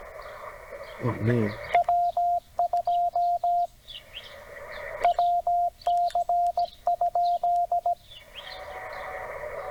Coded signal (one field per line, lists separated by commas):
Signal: Morse code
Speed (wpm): 16 wpm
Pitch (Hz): 700 Hz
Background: speech, radio noise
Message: W2WC?